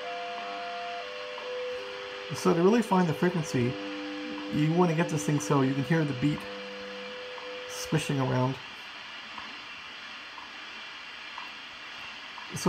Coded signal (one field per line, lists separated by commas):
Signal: radio time signal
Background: speech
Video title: Kmoon FY6800 frequency generator and counter zero beat with WWV on 10Mhz